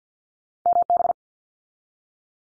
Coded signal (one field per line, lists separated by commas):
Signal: Morse code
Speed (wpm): 48 wpm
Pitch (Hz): 700 Hz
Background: none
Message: MB